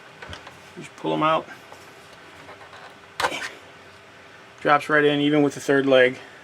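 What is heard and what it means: Someone talks while handling the third landing gear leg of a plastic toy X-Wing fighter on its way into its socket, with a couple of faint plastic taps near 0.2 s and 0.3 s. The leg has not yet clicked or seated by the end of the clip.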